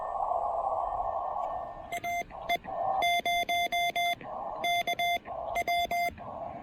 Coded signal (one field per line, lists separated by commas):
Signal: Morse code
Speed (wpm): 20 wpm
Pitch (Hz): 2100 Hz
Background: radio noise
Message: AE0KW